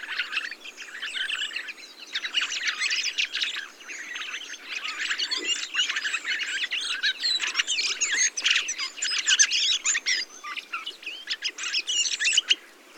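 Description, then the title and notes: Thrushes chattering as a group, a steady wall of overlapping chirps and squeaks with a few louder peaks. 22 November 2020, Montagne du Puy, Drôme; large mixed flock of mistle thrushes, song thrushes, redwings, fieldfares and some blackbirds feeding on abundant berries under blue sky, jointly watching for sparrowhawk and goshawk; Nagra Seven, Telinga parabola. "POT-POURRI DE GRIVES. 22 novembre 2020-Montagne du Puy - Drôme. Grives draine, musicienne, mauvis et litorne plus quelques merles"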